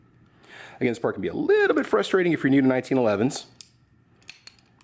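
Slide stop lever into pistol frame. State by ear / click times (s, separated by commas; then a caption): seated / 4.3 s. Someone talks from about 0.8 to 3.4 s while the steel slide stop (takedown) lever of a Rock Island Armory RIA M1911 A1 FS 9mm pistol is pressed through the frame and barrel link at the takedown notch. A sharp click at 4.3 s marks the lever snapping into the frame, and a few fainter ticks follow through 4.8 s.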